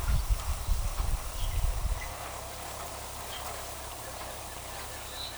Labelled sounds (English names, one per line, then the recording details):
none
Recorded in forest near Pivijay, Magdalena, Colombia, on 17 April 2023 at 12:00
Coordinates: 10.467, -74.380
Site Z5-G034